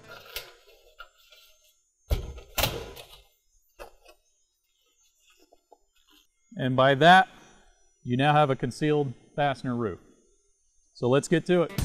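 A steel SL-16 standing-seam roof panel from American Building Components is pressed down over the previous panel's seam, hiding its nail flange fastened with low-profile pancake head screws. Thunk-like snaps are heard at 2.1 s and 2.6 s as the seam seats into place, leaving a concealed-fastener roof. Someone then talks, with brief music.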